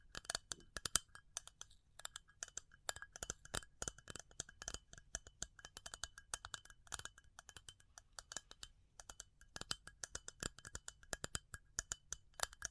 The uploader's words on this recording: ASMR Pure Tapping Fast and Slow (No Talking).